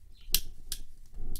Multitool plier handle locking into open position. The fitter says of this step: put it locks into place with a nice Flack did you guys hear that